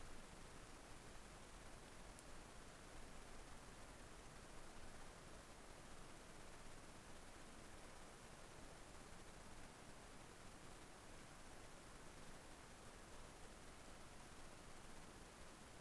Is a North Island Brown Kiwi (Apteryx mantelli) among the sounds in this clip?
no